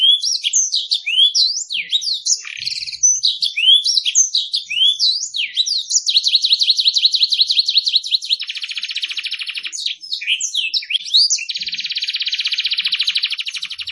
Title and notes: Pikat Kenari GACOR PANJANG INI Cocok Untuk Masteran KENARI LIAR. Masteran burung kenari gacor parah